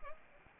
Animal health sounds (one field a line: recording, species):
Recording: mosquito wingbeat signal from an infrared sensor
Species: Anopheles arabiensis